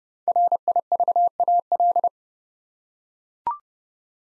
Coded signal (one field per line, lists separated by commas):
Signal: Morse code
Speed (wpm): 30 wpm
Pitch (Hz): 700 Hz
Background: none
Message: RIVAL